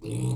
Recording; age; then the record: pig call; weaner (32 to 43 days)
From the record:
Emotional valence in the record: negative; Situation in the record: novel object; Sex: female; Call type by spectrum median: low-frequency call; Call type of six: low-frequency stable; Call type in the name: low-frequency stable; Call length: 0.36 s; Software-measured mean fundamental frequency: 59 Hz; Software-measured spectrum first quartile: 127 Hz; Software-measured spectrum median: 251 Hz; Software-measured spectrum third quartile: 975 Hz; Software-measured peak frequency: 132 Hz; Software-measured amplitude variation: 87 dB a second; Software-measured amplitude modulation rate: 29.1 a second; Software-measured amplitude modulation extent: 3.0 dB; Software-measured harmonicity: 13.8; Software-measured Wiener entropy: -2.15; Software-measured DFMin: 1059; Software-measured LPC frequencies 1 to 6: 254, 824, 2563, 3510, 4095, 4874 Hz